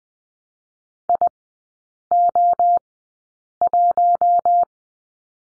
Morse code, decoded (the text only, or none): IO1